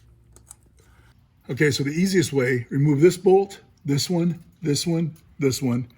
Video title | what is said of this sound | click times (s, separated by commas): How to Locate and Replace an Oxygen Sensor Infiniti G35x & G37x | i believe is just like that you'll hear it click | 0.4 s, 0.5 s